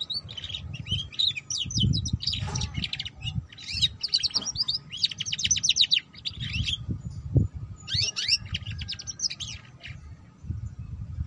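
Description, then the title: Canary song in rapid high trills and chattering phrases in several bursts with short pauses, over steady low rumbling noise and a faint constant hum. Belgian canary; song played to warm up and stimulate singing, suited as a lure for canaries learning the ngeriwik song style. "Canto Para Esquentar Canário Belga. Suara Kenari Belajar Bunyi Ngeriwik || Cocok Untuk Pancingan Kenari Ngeriwik"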